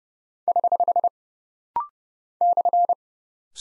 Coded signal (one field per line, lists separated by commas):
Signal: Morse code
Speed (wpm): 29 wpm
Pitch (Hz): 700 Hz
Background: none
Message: <HH> /